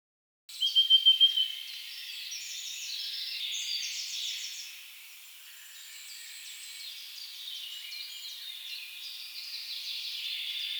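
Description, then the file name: Eurasian blackcap song, a short pulsing trill of repeated notes at the start, then a soft, continuous high warble. "Sylvia atricapilla"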